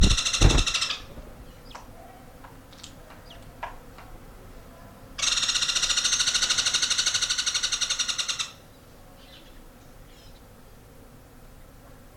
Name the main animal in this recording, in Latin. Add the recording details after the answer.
Halcyon leucocephala. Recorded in the wild. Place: S. Jorge dos Orgaos, Kapverdische Inseln, CV. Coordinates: 15.06, -23.62. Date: 1995-01-21. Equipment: Sony WM-D6C, Sennheiser ME 66, Kopie Revox C 270. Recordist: Fischer, Stefan